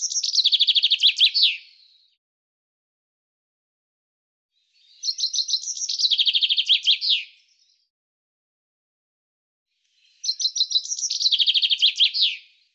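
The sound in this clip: Common chaffinch singing three near-identical phrases roughly every five seconds, each a quick accelerating series of notes dropping in pitch and closing with a flourish.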